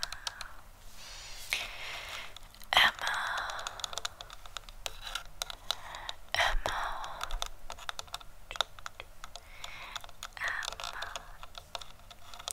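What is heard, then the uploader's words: Fingers tap and click on a camera in quick, irregular bursts, with sharper knocks near three and six seconds and a faint hiss behind. ASMR Camera Tapping + Trigger Words.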